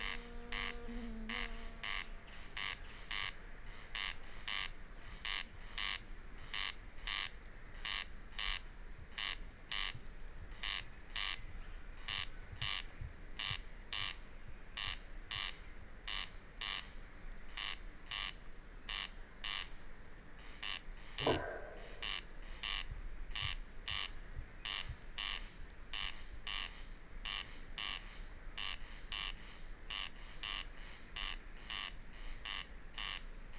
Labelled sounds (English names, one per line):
Corn Crake